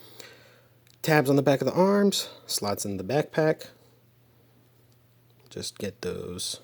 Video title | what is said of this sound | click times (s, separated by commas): HOW DOES THAT MAKE YOU FEEL? ][ Transformers War for Cybertron: Siege Battle Masters Rung and Singe | the back section and flip it up it's on a nice little soft ratchet until it clicks into place | 0.2 s